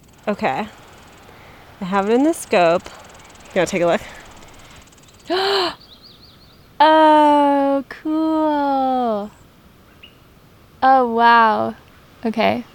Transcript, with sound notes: Okay. I have it in the scope... do you want to take a look? [gasp]
Cool. Oh, wow. Okay.